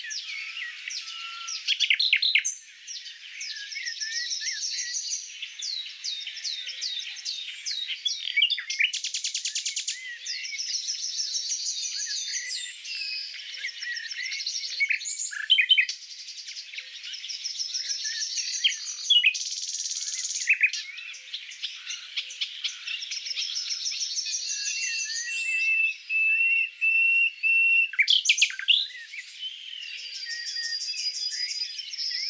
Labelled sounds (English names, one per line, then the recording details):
Common Nightingale song
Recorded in the wild
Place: Waltershofen / Freiburg im Breisgau, Baden-Württemberg, DE
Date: 2006-06-04
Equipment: MiniDisc Sharp MT 20 H
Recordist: Schwarz, Dieter
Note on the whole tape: Song